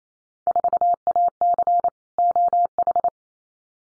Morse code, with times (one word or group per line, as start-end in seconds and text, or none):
0.5-1.9 4AC
2.2-3.1 OH